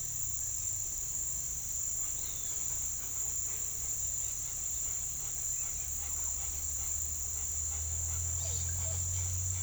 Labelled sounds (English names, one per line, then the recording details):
none
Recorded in pastures near Puerto Asís, Putumayo, Colombia, on 21 December 2024 at 09:00
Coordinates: 0.487, -76.322
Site GP09